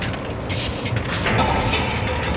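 A large pneumatic Heidelberg printing press runs steadily, a dense mechanical rumble overlaid with repeated bursts of hissing air, like rhythmic breathing, loud and continuous with no voices.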